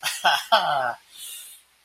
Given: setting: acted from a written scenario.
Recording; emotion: vocal sound without words; triumph